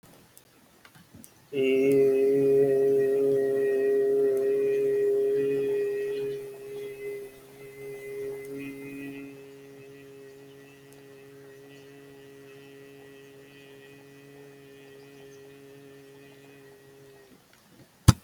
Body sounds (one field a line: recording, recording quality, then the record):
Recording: sustained vowel as in made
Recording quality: excellent, no background noise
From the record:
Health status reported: healthy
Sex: male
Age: 32 years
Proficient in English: yes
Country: India